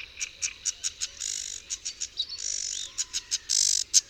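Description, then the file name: Sedge warbler song in a short burst: spaced dry ticks alternating with harsh buzzy rattles and a quick whistled rising note. "Rokitniczka"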